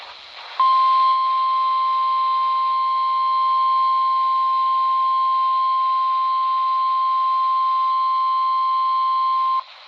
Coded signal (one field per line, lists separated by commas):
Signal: Emergency Alert System (SAME) tones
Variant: 1050 Hz attention tone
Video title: (EAS "#819") MRX Flash Flood Warning from WNG588 (Jefferson, NC) - 6/27/2025